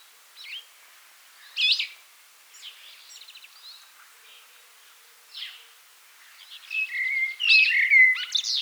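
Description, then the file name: Common blackbird song: scattered high squeaky and twittering notes, building to a louder mellow warbled phrase with shrill flourishes near the end. "Turdus merula"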